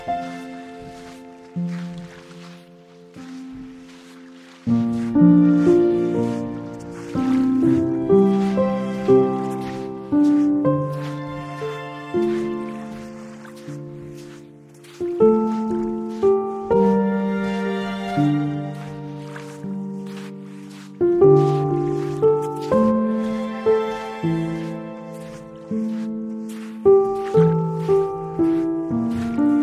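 Piano notes ring and fade over sustained strings and a low, hushed drone, mostly in the low and middle range. The playing moves in gentle phrases, with fresh swells of chords around five, fifteen, twenty-one and twenty-seven seconds before each slowly decays.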